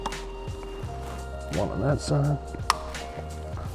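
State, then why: Seated. A new engine air filter on a 986 Porsche Boxster is seated down in its housing until the spring clip on the engine air box engages. Someone talks over background music. A sharp click at 2.7 seconds confirms the air filter housing spring clip has clicked home.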